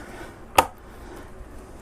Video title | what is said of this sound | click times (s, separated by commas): Laptop screen replacement (How to replace notebook LCD) [Asus Q502LA] | you go back around it and it just snaps together | 0.6 s